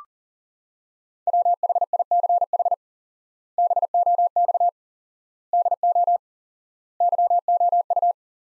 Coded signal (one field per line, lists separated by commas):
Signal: Morse code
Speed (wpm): 40 wpm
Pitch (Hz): 700 Hz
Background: none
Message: WHICH BOX DO YOU